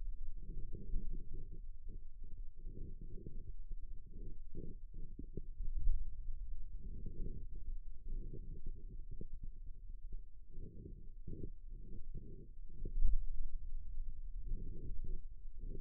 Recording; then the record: forearm muscle sounds (acoustic myography)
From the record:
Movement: pen grasping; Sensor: system 2, bracelet of six BSWA MPA416 microphones around the upper forearm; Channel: 4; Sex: male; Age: 22 years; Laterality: right